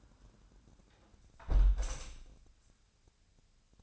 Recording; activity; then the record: daily activity, microphone in the room; close window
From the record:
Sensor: 2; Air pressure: 1000.3 hPa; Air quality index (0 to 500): 137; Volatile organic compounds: 2 ppm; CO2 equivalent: 1147 ppm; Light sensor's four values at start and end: 11/30/11/13 and 11/29/11/13